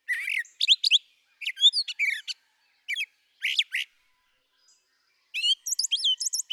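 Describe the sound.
Brown thrasher song made of loud chirped and whistled phrases, each repeated in quick pairs or triplets, with a longer silent gap near the end.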